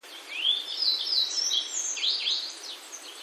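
Grey bunting singing a continuous run of high, sweeping whistles that rise and dip rapidly for about three seconds against a soft background hiss.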